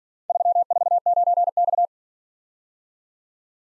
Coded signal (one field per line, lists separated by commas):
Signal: Morse code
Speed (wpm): 48 wpm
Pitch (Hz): 700 Hz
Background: none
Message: 349X